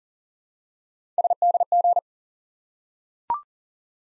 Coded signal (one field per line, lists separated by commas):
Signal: Morse code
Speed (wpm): 40 wpm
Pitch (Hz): 700 Hz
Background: none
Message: SDG